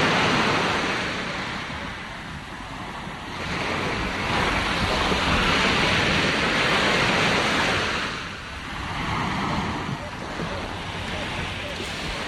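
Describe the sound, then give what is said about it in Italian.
Sea waves wash onto the shore in a steady, hissing roar, swelling into two broad surges and then easing back, with a soft rumble of wind beneath. “Sì, oggi vi porto al mare, anzi facciamo proprio finta di essere già in riva al mare.”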